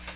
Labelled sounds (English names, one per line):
Magnolia Warbler flight call